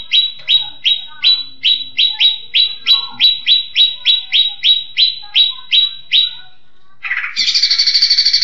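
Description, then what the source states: Leafbird song: rapid, ringing downslurred chips repeated about three per second, ending after a short pause with a harsh buzzy chatter. Cucak ijo song in the tembakan cililinan style.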